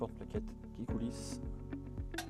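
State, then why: Released. The brake caliper on an Audi TT is eased along its sliding pad carrier while someone talks, with faint scraping under a musical background. A small clack at 2.2 s marks the caliper coming free.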